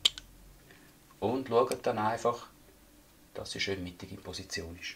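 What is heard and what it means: The recoil spring assembly of a Glock G19 Gen 3 pistol is pushed forward and down into its notch against the barrel in the slide and snaps into place with a sharp click at 0.1 s, followed by a fainter click at 0.2 s. After a short pause, someone talks. The recoil spring assembly is seated.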